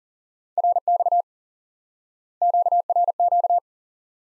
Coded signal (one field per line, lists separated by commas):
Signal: Morse code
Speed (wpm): 40 wpm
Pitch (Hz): 700 Hz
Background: none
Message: RX QRQ